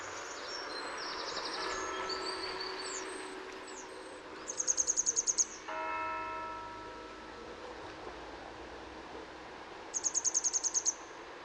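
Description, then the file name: Grey wagtail calls in two fast bursts of high, sharp notes, after other birds sing briefly at the start; a short steady tonal sound follows the first burst. Recorded in Utrecht. "Grote gele kwikstaart in Utrecht - Sound Cloud - luc de bruijn"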